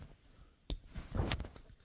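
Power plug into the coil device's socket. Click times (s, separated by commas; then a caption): 0.7 s. A power plug that was only making contact is pushed fully into the socket of a coil device. A sharp click sounds at 0.7 s, followed by softer handling noises. The plug is now clicked in and won't come out.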